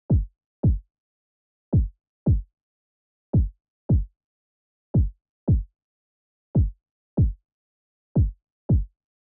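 Clean, low, dull thumps come in pairs about half a second apart, with a longer pause after each pair, about 37 pairs a minute over silence. The steady heartbeat runs in a 3/4 rhythm at a tempo of 112 beats per minute, so two thumps and a rest fill each bar.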